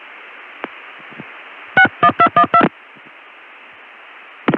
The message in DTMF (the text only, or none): 61212